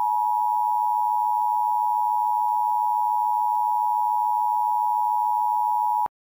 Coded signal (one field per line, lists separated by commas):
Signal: Emergency Alert System (SAME) tones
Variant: 853 and 960 Hz attention tone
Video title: EAS Short - NOGGIN App Shutdown Riots (Nick Jr. Riot 3)